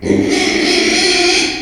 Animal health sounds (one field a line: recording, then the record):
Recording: squeal of a Yucatan mini pig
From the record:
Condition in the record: after surgery on the right vocal fold (resection and tissue-engineered implant)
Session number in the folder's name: 2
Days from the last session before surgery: 13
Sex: male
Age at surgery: 12 weeks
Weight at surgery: 13 kg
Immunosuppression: cyclosporine, prednisolone